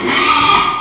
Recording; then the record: squeal of a Yucatan mini pig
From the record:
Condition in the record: after surgery on the right vocal fold (resection and tissue-engineered implant); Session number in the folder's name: 2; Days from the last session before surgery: 13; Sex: male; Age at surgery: 12 weeks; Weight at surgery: 13 kg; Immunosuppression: cyclosporine, prednisolone